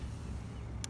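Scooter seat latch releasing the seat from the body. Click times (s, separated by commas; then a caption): 0.8 s. On a QJ Motor LTR 150cc scooter with the ignition switched to the open position, the seat release button is pressed and the seat latch releases the seat from the body so it can be lifted. A steady low rumble runs under the clip until a sharp, loud click at 0.8 s marks the latch popping open.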